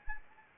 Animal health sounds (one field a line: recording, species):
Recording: mosquito wingbeat signal from an infrared sensor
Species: Anopheles arabiensis